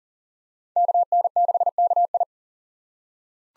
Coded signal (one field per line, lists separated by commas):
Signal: Morse code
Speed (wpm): 40 wpm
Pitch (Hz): 700 Hz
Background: none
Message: KN6KI